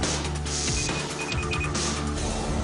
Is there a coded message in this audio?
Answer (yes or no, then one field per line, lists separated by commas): no